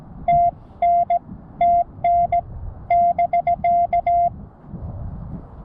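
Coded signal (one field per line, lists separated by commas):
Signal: Morse code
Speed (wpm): 16 wpm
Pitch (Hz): 700 Hz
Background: none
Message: TN TN <BK>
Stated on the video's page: QRP CW Parks on the Air activation at Chatfield State Park, sent with an iambic paddle on a QMX transceiver into an end-fed half-wave antenna.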